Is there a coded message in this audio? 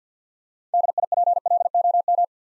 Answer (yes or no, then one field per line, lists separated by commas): yes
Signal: Morse code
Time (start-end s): 0.7-2.2 s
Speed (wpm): 48 wpm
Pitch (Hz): 700 Hz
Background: none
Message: DIPLOM